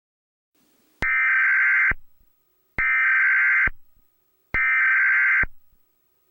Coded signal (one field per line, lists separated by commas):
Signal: Emergency Alert System (SAME) tones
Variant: header bursts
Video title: EAS Scenario - Banana Eats